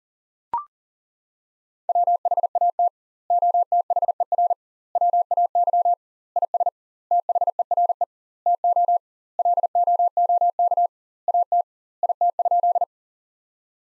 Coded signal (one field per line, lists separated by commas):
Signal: Morse code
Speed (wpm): 40 wpm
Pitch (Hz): 700 Hz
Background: none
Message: WHAT OTHER WAY IS THERE TO LOOK AT IT?